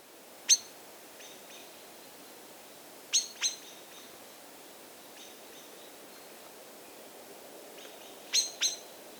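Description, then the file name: Common blackbird producing a single sharp tick, then two pairs of clipped metallic notes spaced several seconds apart, with faint high bird notes in between. "Turdus merula"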